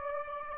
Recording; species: mosquito wingbeat signal from an infrared sensor; Aedes aegypti